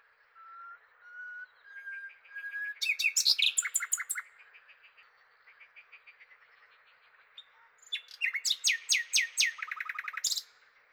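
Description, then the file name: Common nightingale singing: soft drawn-out whistles rising step by step, then bursts of rapid, hard repeated notes, a quieter chattering stretch, and another loud rapid phrase. "Nachtegaal"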